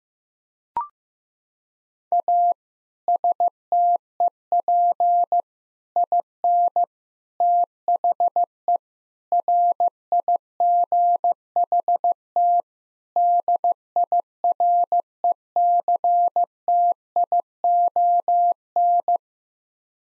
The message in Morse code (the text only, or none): A STEP IN THE RIGHT DIRECTION